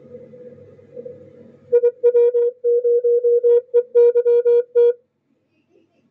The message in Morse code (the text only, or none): IW0EYT